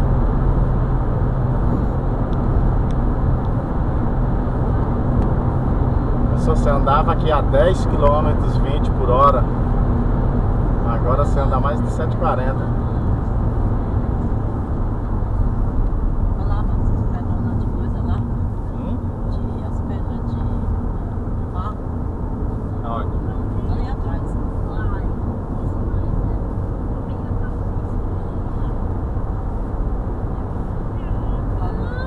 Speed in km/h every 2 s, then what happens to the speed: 151, 148, 148, 147, 148, 147, 134, 116, 102, 95, 94, 94, 109, 111, 113, 112.
0-10 steady at about 148. 10-18 brakes to 95. 18-32 speeds up to 112.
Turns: none.